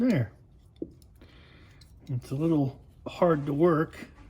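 A newly fabricated, handmade steel replacement blade is worked open on a repaired multitool handle while someone talks, with a few faint taps of handling between the speech. Nothing has seated or clicked yet; the blade has not snapped into its lock.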